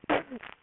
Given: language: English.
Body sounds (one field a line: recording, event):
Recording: throat vibration sensor signal played as sound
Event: cough